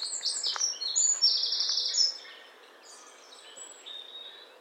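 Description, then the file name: Eurasian wren song burst: shrill fast warbling notes and a brief rattling trill for two seconds, then fading into faint twittering. "Troglodytes troglodytes"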